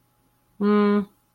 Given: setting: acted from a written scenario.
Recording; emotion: vocal sound without words; neutral